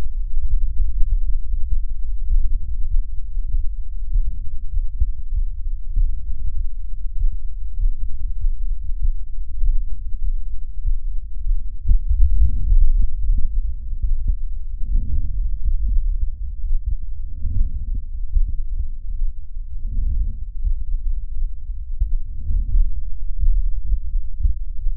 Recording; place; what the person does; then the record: lung sounds by stethoscope; left posterior apical chest; quiet breathing, then deep breathing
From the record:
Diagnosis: interstitial lung disease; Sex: female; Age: 68 years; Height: 152 cm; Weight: 76 kg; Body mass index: 32.9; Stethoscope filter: bell mode